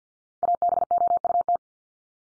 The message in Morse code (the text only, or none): ABOUT